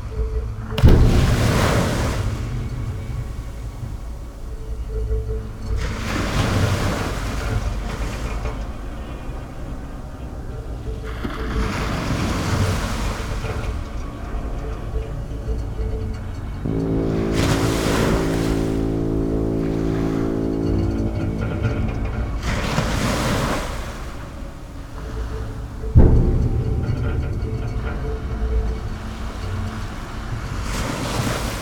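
Sea waves surge and wash in roughly every five or six seconds over a constant low, rumbling roar. A steady droning hum, like a passing engine, rises in the middle stretch, and sharp knocks cut through near the start and again around 26 seconds.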